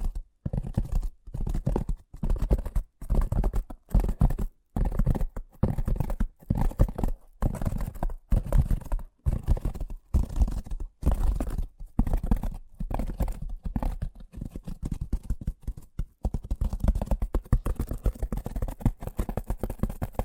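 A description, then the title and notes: Fast tapping comes in quick bursts of dense, rapid strikes, broken by short silent gaps every second or so. The taps are mostly low and dull with a light crisp edge, and the pace holds fairly steady, loosening into slightly longer runs near the end. ASMR Braingasm Inducing Fast Tapping (No Talking).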